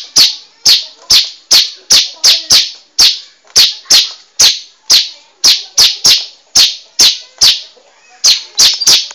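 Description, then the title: Bar-winged prinia song: long series of harsh, sharp high chirps, some doubled, repeated steadily with a brief gap near the end. "Suara Burung Ciblek"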